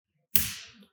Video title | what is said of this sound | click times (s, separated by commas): Gratz Reformer Maintenance 5: Servicing Side Wheels | of the threaded screw it's going to sound like a click and it sounds like this | 0.4 s